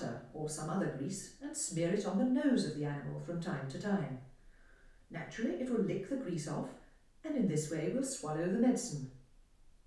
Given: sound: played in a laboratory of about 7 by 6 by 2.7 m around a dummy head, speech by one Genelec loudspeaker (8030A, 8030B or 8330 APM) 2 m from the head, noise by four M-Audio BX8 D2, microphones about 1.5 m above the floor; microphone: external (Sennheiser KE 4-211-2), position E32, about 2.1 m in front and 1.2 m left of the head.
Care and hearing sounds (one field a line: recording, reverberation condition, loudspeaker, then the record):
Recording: female speech in English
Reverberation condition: medium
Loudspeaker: 120 degrees to the left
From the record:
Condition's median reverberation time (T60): about 510 ms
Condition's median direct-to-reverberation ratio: about -0.5 dB